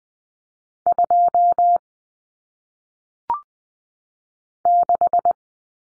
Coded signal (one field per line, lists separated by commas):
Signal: Morse code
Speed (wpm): 20 wpm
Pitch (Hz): 700 Hz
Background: none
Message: 2 6